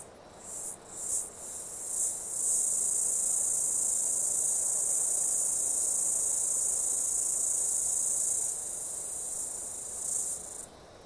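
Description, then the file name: Cicada call: a few brief high buzzing bursts, then a loud steady shrill drone for about six seconds, ending with one more short burst before cutting off. Australian cicada call, stereo. "INSECTS CIDADAS AUSTRALIAN CALL"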